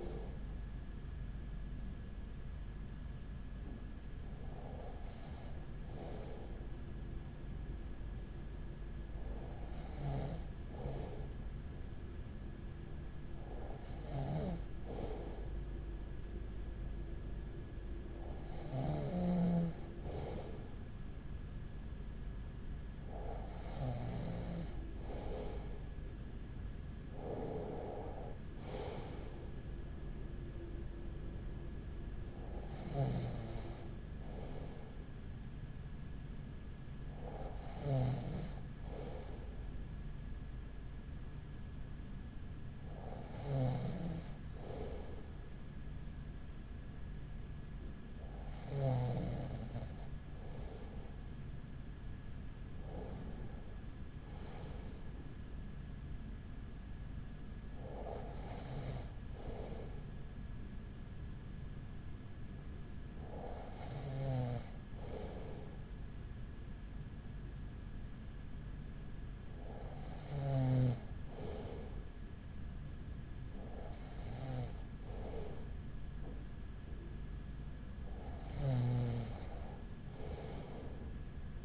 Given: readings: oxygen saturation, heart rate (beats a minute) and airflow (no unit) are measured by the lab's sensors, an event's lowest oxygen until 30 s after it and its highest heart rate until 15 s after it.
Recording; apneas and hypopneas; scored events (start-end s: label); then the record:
breathing in sleep by a smartphone at the bedside; 2
6.00-25.10 s: hypopnea (N2, oxygen 94% highest, then 94% lowest, heart rate 38 at the start, 43 highest)
15.00-75.00 s: new sleep stage, N1 (lightest sleep)
39.00-53.50 s: hypopnea (N1, oxygen 95% highest, then 94% lowest, heart rate 39 at the start, 42 highest)
75.00-81.65 s: new sleep stage, N2 (light sleep)
From the record:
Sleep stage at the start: N2 (light sleep); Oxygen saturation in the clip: 94 to 95%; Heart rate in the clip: 38 to 43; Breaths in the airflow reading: 18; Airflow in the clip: -6.0 to 6.3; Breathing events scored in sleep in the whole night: 207 in 7.6 hours asleep